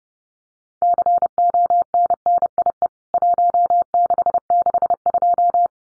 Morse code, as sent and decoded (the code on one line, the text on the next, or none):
-.-. --- -. -. .. . / .---- -.... -.... ..---
CONNIE 1662